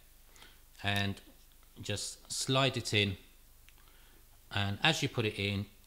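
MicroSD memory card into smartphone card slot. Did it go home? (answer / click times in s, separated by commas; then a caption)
no / none. A plastic microSD memory card is being handled and slid toward the spring-loaded card slot of a Samsung Galaxy S4 smartphone while someone talks. Faint handling noises are heard at about 0.4 s and 3.7 s. The card has not seated or clicked in yet.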